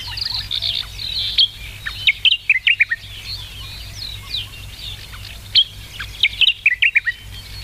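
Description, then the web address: Sakhalin grasshopper warbler singing quick clusters of clear, clipped whistles, a burst near the start and another late, over busy background birdsong and low rumble. "sikioto birds ezosenyo"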